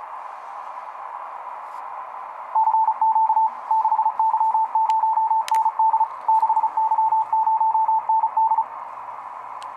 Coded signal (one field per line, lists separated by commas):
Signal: Morse code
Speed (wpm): 36 wpm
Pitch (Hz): 880 Hz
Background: radio noise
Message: CQ 6Y0ND 6Y0ND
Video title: Super fast Morse code - Impressive